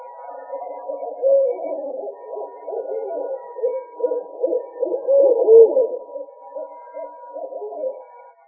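Owl giving a continuous series of low, quavering hoots in quick succession, rising and falling in loudness and peaking with a brighter note past the midpoint.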